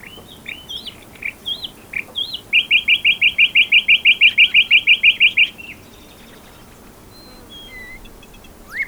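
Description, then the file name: Common nightingale song: scattered whistled notes leading into a long, fast, even series of loud notes lasting about three seconds, then soft faint notes. "Luscinia megarhynchos"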